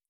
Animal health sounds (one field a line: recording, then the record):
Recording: hydrophone in a shrimp aquaculture tank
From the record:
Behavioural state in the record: feeding